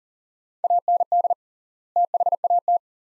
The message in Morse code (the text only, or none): AND THAT